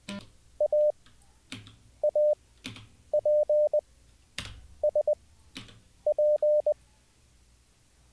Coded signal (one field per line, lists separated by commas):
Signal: Morse code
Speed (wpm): 20 wpm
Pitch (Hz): 600 Hz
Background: none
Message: A A P S P